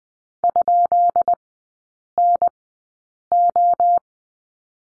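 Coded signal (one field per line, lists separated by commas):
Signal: Morse code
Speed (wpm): 20 wpm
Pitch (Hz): 700 Hz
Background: none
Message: ?NO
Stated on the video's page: Morse course lesson on the question mark, Farnsworth speed 20/10 wpm, three-character groups.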